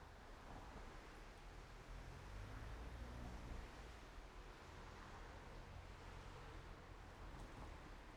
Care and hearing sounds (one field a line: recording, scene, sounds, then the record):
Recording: everyday scene through a hearing-aid microphone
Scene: in traffic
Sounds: traffic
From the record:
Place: main road on the outskirts, rush hour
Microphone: behind the ear, right, front